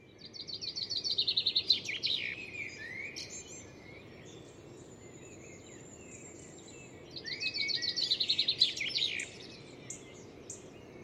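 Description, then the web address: Bird song repeated twice, each a fast high trill ending in quick slurs, separated by a pause with a few faint thin calls. "Deverinetal. Bird Only"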